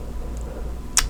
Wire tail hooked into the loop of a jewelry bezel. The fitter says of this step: that's going to snap right into place